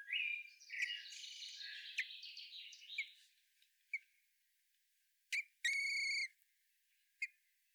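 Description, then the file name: Common blackbird giving scratchy chattering notes for three seconds, then a few sharp clicks and one drawn-out squealing note near the end. "Turdus merula"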